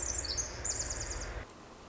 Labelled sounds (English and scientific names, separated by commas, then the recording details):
Pacific Wren (Troglodytes pacificus)
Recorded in Sonoma County, California